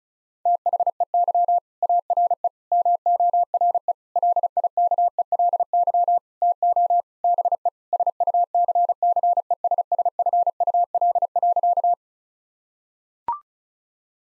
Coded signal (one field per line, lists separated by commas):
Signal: Morse code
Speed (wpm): 36 wpm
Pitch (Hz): 700 Hz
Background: none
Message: THEY ARE MORE LIKELY TO BE SUCCESSFUL.